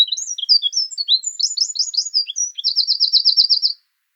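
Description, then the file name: Eurasian wren song: a rapid jumble of high, varied chirps and squeaks leading into a fast, even trill at the end, with no other sounds. "Troglodytes troglodytes"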